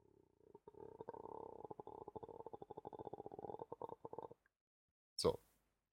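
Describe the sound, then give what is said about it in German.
A voice imitates a grumbling bear with a low, rapidly pulsing growl that sustains for several seconds, then stops, followed by a short, sharp burst of noise. “Das klingt wie ein Bär, der sich beleidigt.”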